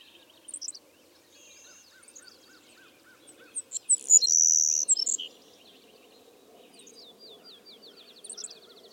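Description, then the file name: Savannah sparrow song: a few high introductory chips building to a loud insect-like buzz in the middle, then short notes; a soft low chattering runs underneath. "Passerculus sandwichensis - Savannah Sparrow"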